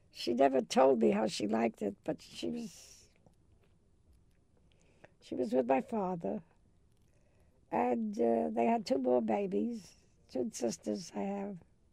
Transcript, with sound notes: she never told me how she liked it, but she was, [pause] she was with my father, and they had two more babies, two sisters, I have.